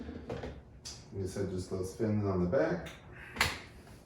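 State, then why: Seated. A Dell S2721DGF computer monitor is pushed onto its stand's mounting bracket while someone talks. It snaps into place with a single sharp click at 3.4 s, and the monitor is seated on its stand.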